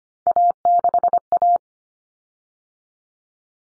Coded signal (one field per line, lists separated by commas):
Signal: Morse code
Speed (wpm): 25 wpm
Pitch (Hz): 700 Hz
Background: none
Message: A6A